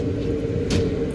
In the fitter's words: in the hole there you go that'll just snap right into place but start on that side